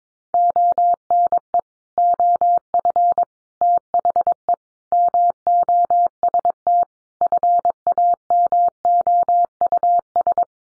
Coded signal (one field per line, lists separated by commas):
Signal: Morse code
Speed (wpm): 22 wpm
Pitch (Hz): 700 Hz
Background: none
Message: ONE OF THE MOST FAMOUS